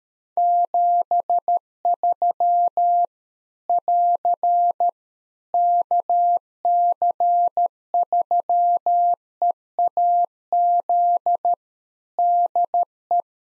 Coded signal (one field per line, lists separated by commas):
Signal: Morse code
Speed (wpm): 13 wpm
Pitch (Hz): 700 Hz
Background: none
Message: 73 <AR> KC3EAZ DE